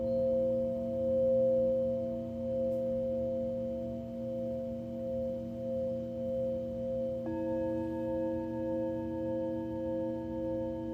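A singing bowl rings in a long, steady drone, several pure tones layered and held for the whole clip with a slow, gentle wavering in loudness. Around seven seconds a second strike adds fresh, brighter overtones that sustain to the end.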